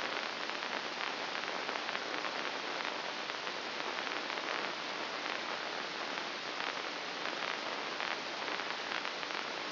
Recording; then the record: brain microelectrode recording played as sound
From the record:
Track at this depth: inside the subthalamic nucleus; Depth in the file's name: 2.604 mm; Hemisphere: right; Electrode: 2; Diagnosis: Parkinson's disease